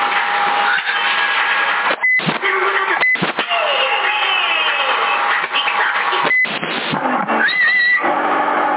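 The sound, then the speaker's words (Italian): A female cat meows a few times, drawn-out wavering cries that rise and fall in pitch, over a steady loud hiss of background noise. “Attenzione, c'è gatta!”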